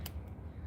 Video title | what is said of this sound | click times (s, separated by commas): 2013 Ford Edge Spark Plug Replacement Live 3.5L Engine Tune Up and Misfire Diagnosis | So you can squeeze it and it'll lock. | 0.1 s